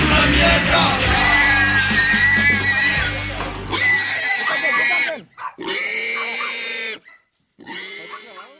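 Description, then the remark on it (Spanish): Farm-raised pigs grunt and oink in a loud, dense chorus for about four seconds, followed by three shorter bursts of high, squealing calls separated by brief gaps of silence. “Fiel a nuestra política de diversificación, y aprovechando la experiencia obtenida en la producción de pollos, en 1984 iniciamos la crianza y comercialización de cerdos, los que hoy son distribuidos bajo la marca Super Cerdo.”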